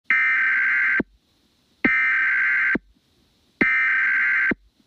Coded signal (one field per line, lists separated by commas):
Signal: Emergency Alert System (SAME) tones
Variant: header bursts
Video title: Semi-Nuclear Detonation | Mini EAS Scenario (Based on a nightmare)